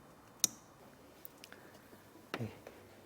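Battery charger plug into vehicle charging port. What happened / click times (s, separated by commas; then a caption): The charging plug clicked into its socket / 0.4 s. A battery maintainer's charging jack is plugged into the charging port in the trunk of a Chevrolet Corvette, a jack designed to go in completely. A sharp click at 0.4 s marks it seating, followed by faint ticks and a brief rustling thump around 2.3 s.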